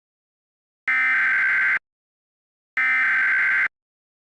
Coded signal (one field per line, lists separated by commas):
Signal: Emergency Alert System (SAME) tones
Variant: header bursts